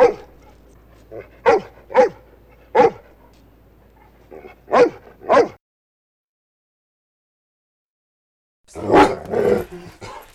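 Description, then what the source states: Dog barking in short bursts, several barks in the first five seconds, then silence, then a rough, growly double bark. Large dog barking with light snarling.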